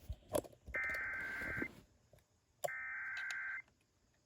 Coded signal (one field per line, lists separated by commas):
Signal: Emergency Alert System (SAME) tones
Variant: header bursts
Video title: (EAS #398) WQDR-FM Amber Alert